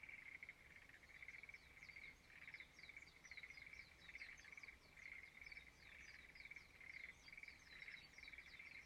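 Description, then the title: Frogs calling in rhythmic pulsed bursts, forming a dense chorus beneath many faint rapid chirps. Frogs singing in a rice field at dawn in Izumo, Shimane, Japan. "Frog singing in the rice field Izumo"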